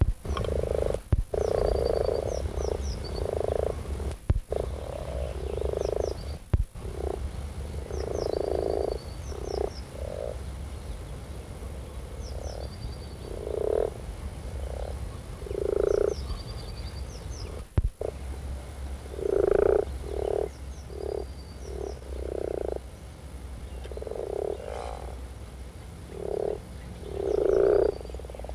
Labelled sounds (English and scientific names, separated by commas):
Common Frog (Rana temporaria) call